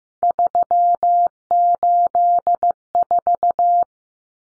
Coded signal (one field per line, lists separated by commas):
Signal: Morse code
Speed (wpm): 15 wpm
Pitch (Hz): 700 Hz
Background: none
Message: 384